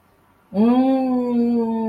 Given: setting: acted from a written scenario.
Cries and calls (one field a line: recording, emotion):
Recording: vocal sound without words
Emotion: ecstasy